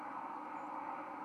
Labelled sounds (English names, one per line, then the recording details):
White-throated Sparrow flight call
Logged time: 00:01 on 31 October 2014